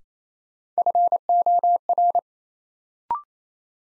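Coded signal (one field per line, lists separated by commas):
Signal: Morse code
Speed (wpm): 28 wpm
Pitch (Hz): 700 Hz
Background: none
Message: FOR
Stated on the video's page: New-word drill at 28 wpm: each word sent in Morse, then spoken, then sent again.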